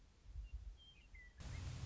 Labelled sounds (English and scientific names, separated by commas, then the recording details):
Western Meadowlark (Sturnella neglecta)
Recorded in Sonoma County, California